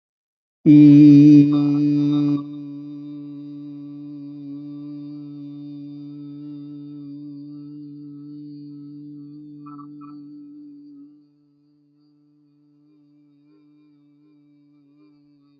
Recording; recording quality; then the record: sustained vowel as in beet; excellent, no background noise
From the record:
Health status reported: healthy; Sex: male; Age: 33 years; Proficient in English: yes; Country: India